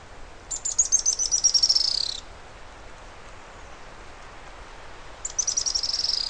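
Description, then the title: Bird song: a high, fast trill sliding gently downward, lasting under two seconds, then a pause of about three seconds before the trill starts again. "LuckyPassaro Completos2Sama"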